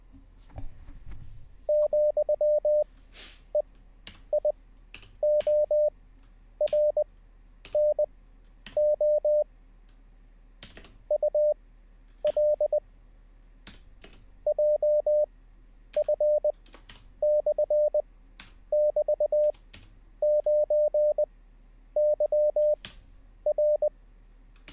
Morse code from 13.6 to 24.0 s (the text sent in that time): JF/<BT>9YR